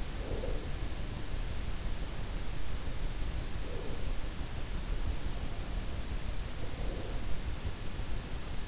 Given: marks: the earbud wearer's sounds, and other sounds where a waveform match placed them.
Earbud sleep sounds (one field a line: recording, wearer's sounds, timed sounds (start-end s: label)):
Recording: sounds in sleep by an in-ear microphone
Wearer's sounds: breath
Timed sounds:
0.00-1.02 s: breath
3.10-4.32 s: breath
6.27-7.66 s: breath